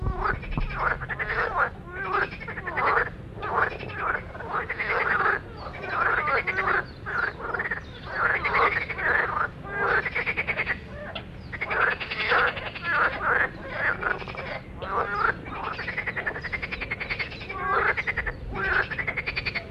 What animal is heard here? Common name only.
Marsh Frog